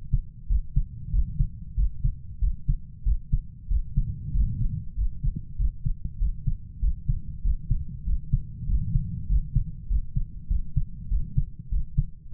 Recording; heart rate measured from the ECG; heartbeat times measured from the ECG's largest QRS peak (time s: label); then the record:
heart sounds by stethoscope; 96 bpm
0.50 s: heartbeat
1.14 s: heartbeat
1.78 s: heartbeat
2.42 s: heartbeat
3.06 s: heartbeat
3.71 s: heartbeat
4.35 s: heartbeat
4.97 s: heartbeat
5.59 s: heartbeat
6.20 s: heartbeat
6.82 s: heartbeat
7.45 s: heartbeat
8.07 s: heartbeat
8.69 s: heartbeat
9.30 s: heartbeat
9.90 s: heartbeat
10.50 s: heartbeat
11.11 s: heartbeat
11.72 s: heartbeat
12.33 s: heartbeat
From the record:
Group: healthy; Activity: rest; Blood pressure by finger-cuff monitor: 133/74 mmHg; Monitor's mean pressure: 92 mmHg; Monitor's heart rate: 96 bpm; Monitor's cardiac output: 8 L/min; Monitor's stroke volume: 84 mL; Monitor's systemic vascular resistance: 840 dyn s/cm5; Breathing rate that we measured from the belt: 16 breaths a minute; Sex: male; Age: 21 years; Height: 175 cm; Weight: 72.6 kg